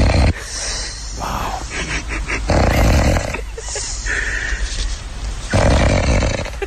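Loud, rough, low rumbling snores from an adult after a big night out repeat about every two to three seconds, roughly 20 a minute, with quieter breathing between them. The heavy, rattling quality is typical of snoring from vibrating soft tissue in the upper airway during sleep.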